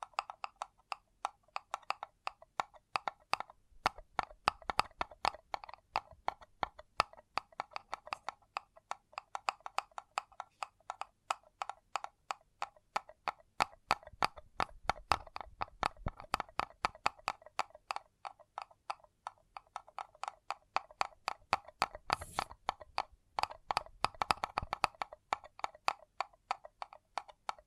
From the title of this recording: Paper Cup Tingles